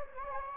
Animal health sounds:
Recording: mosquito wingbeat signal from an infrared sensor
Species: Anopheles gambiae

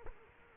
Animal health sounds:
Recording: mosquito wingbeat signal from an infrared sensor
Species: Culex quinquefasciatus

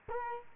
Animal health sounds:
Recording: mosquito wingbeat signal from an infrared sensor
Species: Culex quinquefasciatus

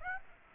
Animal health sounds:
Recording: mosquito wingbeat signal from an infrared sensor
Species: Aedes aegypti

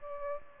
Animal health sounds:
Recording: mosquito wingbeat signal from an infrared sensor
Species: Aedes aegypti

